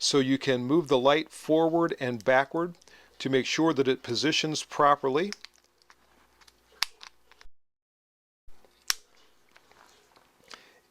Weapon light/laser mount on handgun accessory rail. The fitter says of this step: and it mounts and locks in place just fine now obviously